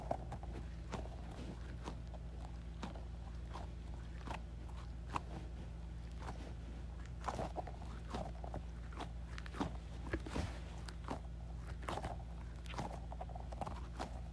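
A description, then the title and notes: Squeezing an Orbeez ball makes a series of short, wet squelching pops, about one or two a second across the whole stretch, some bright and sharp, others softer. A steady low hum runs underneath the entire time. ASMR Squeezing Orbeez Ball.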